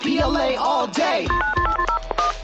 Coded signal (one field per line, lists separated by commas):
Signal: DTMF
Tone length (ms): 120 ms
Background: speech, music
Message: 9801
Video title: Phone Losers of America Episode 11 - Tim Henson from Distorted View